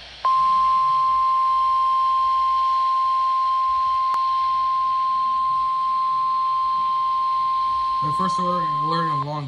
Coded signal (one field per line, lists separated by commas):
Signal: Emergency Alert System (SAME) tones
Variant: 1050 Hz attention tone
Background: speech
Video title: My first EAS alert in a long time